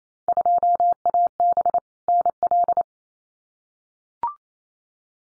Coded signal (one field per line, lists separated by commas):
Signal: Morse code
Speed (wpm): 28 wpm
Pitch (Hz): 700 Hz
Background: none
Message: 2AB NL